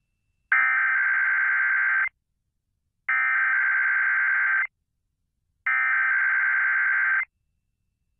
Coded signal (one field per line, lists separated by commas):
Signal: Emergency Alert System (SAME) tones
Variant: header bursts